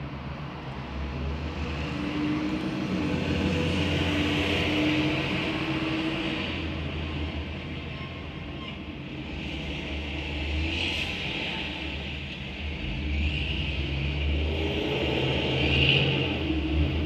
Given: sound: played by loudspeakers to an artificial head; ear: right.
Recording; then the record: road traffic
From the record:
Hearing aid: none